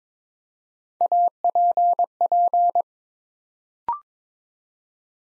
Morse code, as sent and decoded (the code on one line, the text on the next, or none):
.- .--. .--.
APP